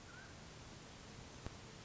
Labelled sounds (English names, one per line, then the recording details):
Mountain Quail
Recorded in Sonoma County, California